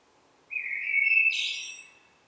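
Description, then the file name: Eurasian blackbird song: a single smooth, fluted phrase lasting over a second, ending with a high, scratchy twitter. "Turdus merula"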